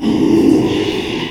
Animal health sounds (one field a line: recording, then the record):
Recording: squeal of a Yucatan mini pig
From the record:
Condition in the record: after surgery on the right vocal fold (resection and tissue-engineered implant)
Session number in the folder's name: 1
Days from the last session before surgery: 6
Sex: male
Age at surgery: 12 weeks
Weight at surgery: 13 kg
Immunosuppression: cyclosporine, prednisolone